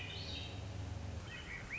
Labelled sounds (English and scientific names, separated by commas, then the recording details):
Swainson's Thrush (Catharus ustulatus)
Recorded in Sonoma County, California